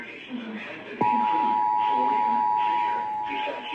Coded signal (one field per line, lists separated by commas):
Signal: Emergency Alert System (SAME) tones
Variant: 853 and 960 Hz attention tone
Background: speech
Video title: ENHANCED RISK NIGHTMARE III. EAS Alerts from 3/16/2023 - 3/17/2023. [EAS #1206 - #1249]